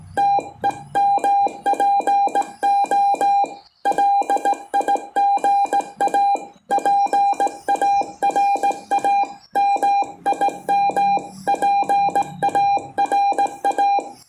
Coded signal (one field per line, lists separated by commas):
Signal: Morse code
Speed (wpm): 18 wpm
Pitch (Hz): 800 Hz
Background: music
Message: TEMPO LIGA PARA MIM PARA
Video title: QRP 5W COM ANTENA MAGLOOP